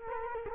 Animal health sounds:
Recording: mosquito wingbeat signal from an infrared sensor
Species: Culex quinquefasciatus

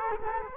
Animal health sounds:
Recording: mosquito wingbeat signal from an infrared sensor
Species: Culex quinquefasciatus

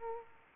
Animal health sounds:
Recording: mosquito wingbeat signal from an infrared sensor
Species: Aedes aegypti

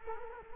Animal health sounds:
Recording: mosquito wingbeat signal from an infrared sensor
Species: Culex quinquefasciatus

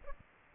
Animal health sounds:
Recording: mosquito wingbeat signal from an infrared sensor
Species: Aedes aegypti

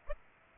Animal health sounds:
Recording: mosquito wingbeat signal from an infrared sensor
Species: Aedes aegypti

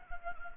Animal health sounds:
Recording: mosquito wingbeat signal from an infrared sensor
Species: Anopheles gambiae

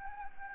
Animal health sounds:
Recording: mosquito wingbeat signal from an infrared sensor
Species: Anopheles gambiae

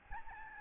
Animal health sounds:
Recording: mosquito wingbeat signal from an infrared sensor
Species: Aedes albopictus

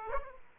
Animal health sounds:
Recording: mosquito wingbeat signal from an infrared sensor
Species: Aedes aegypti

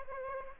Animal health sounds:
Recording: mosquito wingbeat signal from an infrared sensor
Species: Aedes aegypti

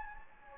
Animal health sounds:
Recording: mosquito wingbeat signal from an infrared sensor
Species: Anopheles gambiae

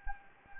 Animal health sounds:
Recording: mosquito wingbeat signal from an infrared sensor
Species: Anopheles gambiae

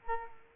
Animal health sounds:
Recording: mosquito wingbeat signal from an infrared sensor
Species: Culex quinquefasciatus

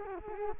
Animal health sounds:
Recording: mosquito wingbeat signal from an infrared sensor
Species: Culex quinquefasciatus

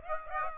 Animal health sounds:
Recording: mosquito wingbeat signal from an infrared sensor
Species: Aedes aegypti

